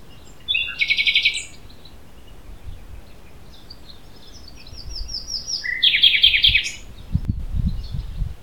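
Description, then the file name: Common Nightingale song: a rapid rattling phrase, pause, then a series of high notes and a fast buzzy trill, with low thumping noise near the end. Parc Natural de s'Albufera, Spain, 21 April 2022. "Common Nightingale (Luscinia megarhynchos) - Parc Natural de s'Albufera, Spain 2022-04-21"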